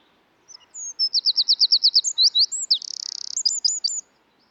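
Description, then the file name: Eurasian wren song: loud, very high phrase of rapid repeated notes, a few swooping notes, a fast buzzy rattle, then several crisp closing notes, about three and a half seconds. "British Library - European Wren Troglodytes troglodytes"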